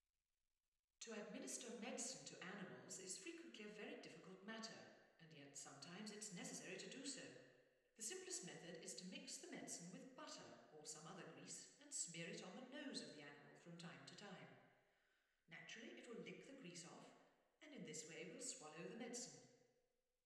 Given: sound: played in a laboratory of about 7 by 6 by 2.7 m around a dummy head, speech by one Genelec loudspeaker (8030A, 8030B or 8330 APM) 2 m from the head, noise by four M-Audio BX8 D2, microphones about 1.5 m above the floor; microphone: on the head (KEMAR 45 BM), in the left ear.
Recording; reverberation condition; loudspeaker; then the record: female speech in English; high; 30 degrees to the left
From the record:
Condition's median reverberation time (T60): about 1300 ms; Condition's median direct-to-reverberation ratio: about -4.0 dB